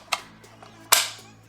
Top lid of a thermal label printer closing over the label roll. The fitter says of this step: so once you put that in there close this down until it clicks